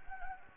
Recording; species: mosquito wingbeat signal from an infrared sensor; Anopheles gambiae